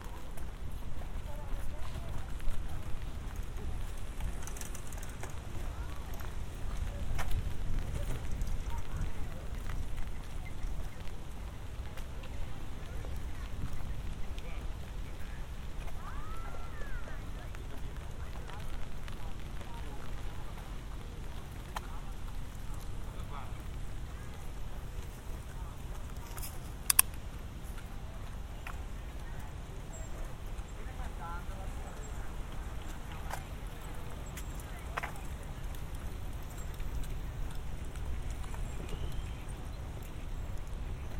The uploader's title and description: Walk through Central Park. A walk from east to west across central park around 72nd street.